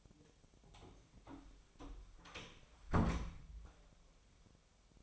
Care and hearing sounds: daily activity, microphone in the room; close door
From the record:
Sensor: 1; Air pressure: 1007.7 hPa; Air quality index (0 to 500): 194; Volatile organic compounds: 18 ppm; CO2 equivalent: 2612 ppm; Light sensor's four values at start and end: 13/33/13/15 and 13/32/13/14

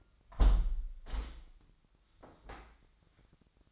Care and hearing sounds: daily activity, microphone in the room; close window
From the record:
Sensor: 3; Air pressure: 998.0 hPa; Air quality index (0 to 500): 131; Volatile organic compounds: 4 ppm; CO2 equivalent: 1555 ppm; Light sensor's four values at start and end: 14/42/17/15 and 14/42/17/16

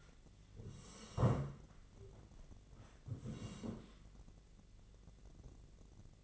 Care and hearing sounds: daily activity, microphone in the room; sit down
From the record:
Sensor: 4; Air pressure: 1013.2 hPa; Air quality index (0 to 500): 170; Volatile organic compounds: 2 ppm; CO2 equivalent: 1080 ppm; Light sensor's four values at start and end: 53/131/55/60 and 53/131/55/59

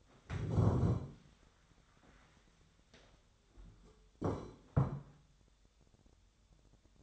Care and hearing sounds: daily activity, microphone in the room; stand up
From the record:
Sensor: 3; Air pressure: 1015.2 hPa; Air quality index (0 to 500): 177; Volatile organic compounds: 16 ppm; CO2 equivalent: 2545 ppm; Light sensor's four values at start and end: 14/37/15/16 and 14/36/14/15

